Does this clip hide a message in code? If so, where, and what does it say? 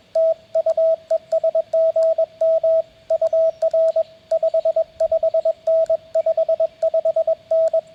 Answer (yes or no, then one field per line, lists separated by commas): yes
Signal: Morse code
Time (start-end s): 0.2-7.8 s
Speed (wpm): 21 wpm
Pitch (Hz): 650 Hz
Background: radio noise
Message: TU ES GM UR 55N 55N